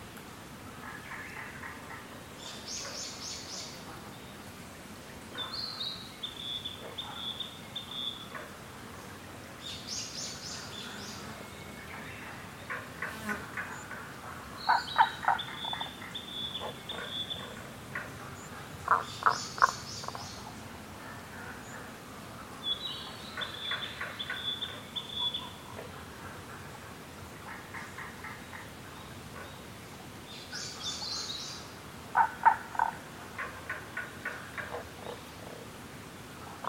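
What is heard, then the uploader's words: Rana tagoi tagoi frogs give short bursts of rapid low clicking croaks every few seconds, mixed with repeated bright chirps over a steady hiss. Rana tagoi tagoi in Kasugayama primeval forest by ototamari.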